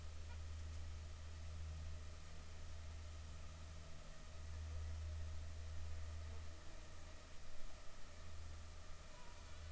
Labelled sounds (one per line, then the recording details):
aircraft
insects
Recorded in the Arctic National Wildlife Refuge, Alaska, on 7 July 2019 at 19:28
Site 41